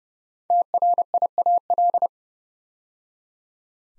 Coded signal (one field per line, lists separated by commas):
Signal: Morse code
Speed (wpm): 28 wpm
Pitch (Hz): 700 Hz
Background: none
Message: TRIAL